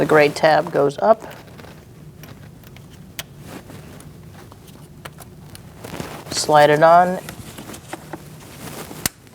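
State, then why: Seated. Someone talks while a plastic coolant hose quick-connect fitting with a gray tab raised is slid onto the thermostat housing neck (outlet) of a 2016-2019 Chevrolet Cruze 1.4L L4, with quiet handling ticks in between. A sharp click at 9.1 s marks the connector seating and locking in place.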